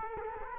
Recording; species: mosquito wingbeat signal from an infrared sensor; Culex quinquefasciatus